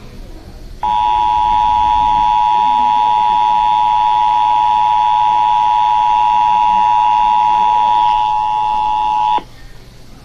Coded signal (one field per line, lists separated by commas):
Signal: Emergency Alert System (SAME) tones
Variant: 853 and 960 Hz attention tone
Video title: 3rd National EAS Test (EAS #117) (WBAP Livestream).